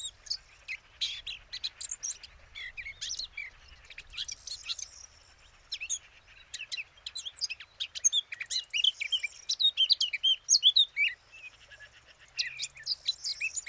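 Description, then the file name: Eurasian blackcap singing a rapid, varied warble of twittering and whistled phrases, with a quiet background. "Sylvia atricapilla"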